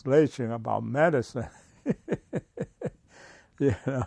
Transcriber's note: laughs